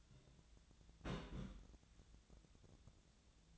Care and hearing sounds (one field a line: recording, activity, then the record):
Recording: daily activity, microphone in the room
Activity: place on stove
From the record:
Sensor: 3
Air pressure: 1010.0 hPa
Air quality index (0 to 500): 188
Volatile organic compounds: 14 ppm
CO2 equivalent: 2453 ppm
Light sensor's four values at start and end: 42/104/45/48 and 42/104/45/48